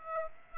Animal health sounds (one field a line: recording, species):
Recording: mosquito wingbeat signal from an infrared sensor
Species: Aedes aegypti